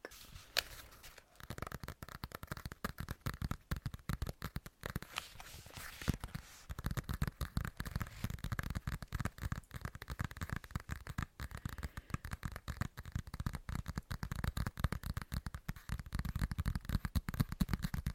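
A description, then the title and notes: Rapid, dense tapping, dry sharp clicks in quick irregular bursts, briefly sparser around five seconds, then continuous fast tapping to the end. ASMR INTENSE TAPPING.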